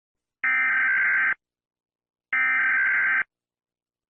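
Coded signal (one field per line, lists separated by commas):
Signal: Emergency Alert System (SAME) tones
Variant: header bursts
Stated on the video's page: Montage of emergency alarms from the USA, Australia, Peru, Indonesia, Canada, Philippines, UK, Malaysia, Singapore and Pakistan.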